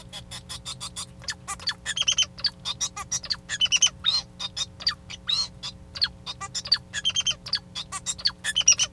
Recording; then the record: song of a male Bengalese finch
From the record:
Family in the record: son of father 2